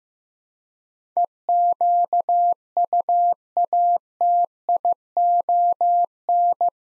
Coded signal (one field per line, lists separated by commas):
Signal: Morse code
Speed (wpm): 15 wpm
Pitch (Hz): 700 Hz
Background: none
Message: EQUATION